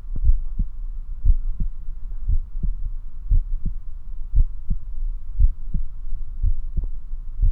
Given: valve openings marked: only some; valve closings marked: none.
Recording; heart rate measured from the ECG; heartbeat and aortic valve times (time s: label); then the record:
heart sounds by stethoscope; 59 bpm
0.26 s: heartbeat (ECG mark)
1.27 s: heartbeat (ECG mark)
2.30 s: heartbeat (ECG mark)
3.33 s: heartbeat (ECG mark)
4.37 s: heartbeat (ECG mark)
5.41 s: heartbeat (ECG mark)
6.45 s: heartbeat (ECG mark)
6.51 s: aortic valve opens (echo mark)
7.44 s: heartbeat (ECG mark)
From the record:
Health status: healthy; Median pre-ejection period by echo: 59 ms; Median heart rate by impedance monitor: 58 bpm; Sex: male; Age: 21 years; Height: 174 cm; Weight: 70 kg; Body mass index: 23.12